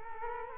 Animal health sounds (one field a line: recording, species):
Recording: mosquito wingbeat signal from an infrared sensor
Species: Culex quinquefasciatus